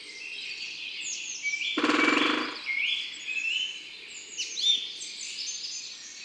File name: Pic epeiche tambourinage Concerts Naturels de la Drome Studio les Trois Becs